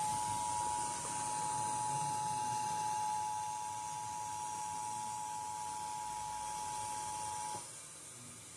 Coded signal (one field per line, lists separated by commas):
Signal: Emergency Alert System (SAME) tones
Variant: 853 and 960 Hz attention tone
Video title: eas severe thuderstorm warning on Wmah-Fm